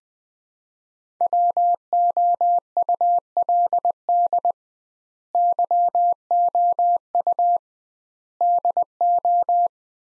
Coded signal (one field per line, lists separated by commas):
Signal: Morse code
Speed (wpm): 20 wpm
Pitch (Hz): 700 Hz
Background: none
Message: WOULD YOU DO